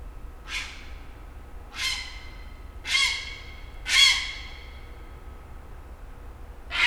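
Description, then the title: Grey heron giving harsh, broad croaking squawks, four at intervals of about one to one and a half seconds plus one starting at the end, over a steady low rumble of traffic. Calls at 23:30 beside a backwater of the Garonne, 44 Rue des Gourgues, Fenouillet, France; traffic from nearby interchanges audible; sound trap left from 21:00 to 10:00; spaced AB DPA 4060 microphones on tree branches with a Zoom F8. "23h30-Cris Héron cendré"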